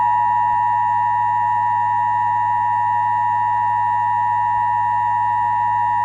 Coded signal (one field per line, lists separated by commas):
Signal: Emergency Alert System (SAME) tones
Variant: 853 and 960 Hz attention tone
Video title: EAS Scenario - Compilation